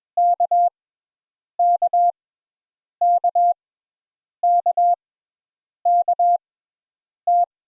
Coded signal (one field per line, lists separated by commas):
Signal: Morse code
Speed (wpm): 21 wpm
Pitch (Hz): 700 Hz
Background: none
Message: K K K K K T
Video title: Morse Code Introductory Lesson 1 K and M